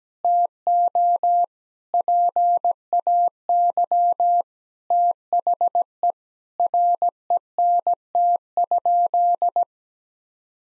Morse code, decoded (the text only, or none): TO PAY THE RENT?